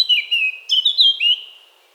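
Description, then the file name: Eurasian blackcap song fragment: a short run of clear, whistled, fluty notes, the last one sliding upward before fading. "Sylvia atricapilla"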